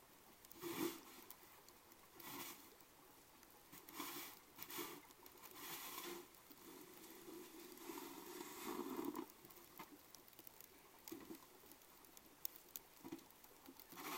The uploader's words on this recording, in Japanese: 夕方雪かき。夕方16時現在、30㎝ほどの積雪。玄関前から家の前の路地の雪かき。路地は基本人力のスコップ除雪。水路の音、雪もしだいにまたよく降り出してくる。